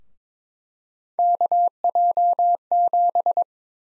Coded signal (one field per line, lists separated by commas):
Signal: Morse code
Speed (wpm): 22 wpm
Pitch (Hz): 700 Hz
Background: none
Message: KJ7